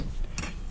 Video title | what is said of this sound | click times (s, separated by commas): Installing an AEM Fuel Pump in my E46 M3 | so now that we got it in there it's going to click into place just like that and it's not going to pop out because it's spring loaded | 0.4 s